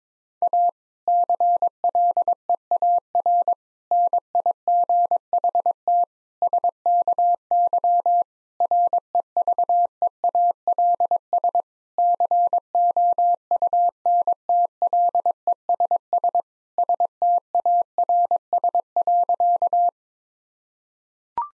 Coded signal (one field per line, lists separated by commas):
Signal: Morse code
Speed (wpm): 22 wpm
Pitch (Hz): 700 Hz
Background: none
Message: A CLEAR NIGHT SKY REVEALS COUNTLESS STARS.